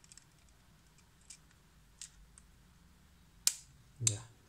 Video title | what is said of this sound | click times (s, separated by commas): Right way to use SugarCheck Advance Blood Glucose Monitor. | Yeah, a click sound will come and this is ready, and you push this one back and your orange icon will come here. | 3.5 s